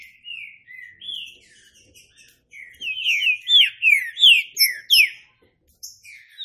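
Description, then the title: Green-winged saltator song: soft opening whistles, then a loud series of several strong down-slurred notes, with high chirps behind. Classic song style (canto clássico) used as a training recording. "Canto Clássico Trinca Ferro TREINAMENTO"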